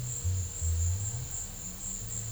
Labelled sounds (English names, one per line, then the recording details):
none
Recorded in pastures near Puerto Asís, Putumayo, Colombia, on 22 December 2024 at 14:00
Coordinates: 0.496, -76.326
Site G004